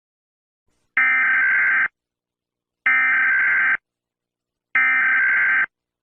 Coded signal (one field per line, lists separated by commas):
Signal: Emergency Alert System (SAME) tones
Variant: header bursts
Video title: TULSA - EAS SCENARIO MOCK